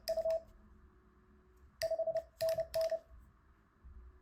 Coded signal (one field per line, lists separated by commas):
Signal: Morse code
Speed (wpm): 30 wpm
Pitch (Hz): 650 Hz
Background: none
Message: U 5NN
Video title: Morse Code Quickstart Guide - Links in the description